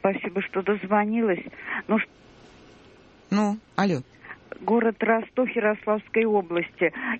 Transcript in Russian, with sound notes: Спасибо, что дозвонилась. (пауза)
Ну? Алло?
Город Ростов Ярославской области.